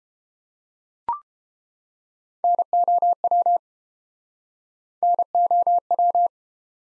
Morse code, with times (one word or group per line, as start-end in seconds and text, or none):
2.4-3.6 NOW
5.0-6.3 NOW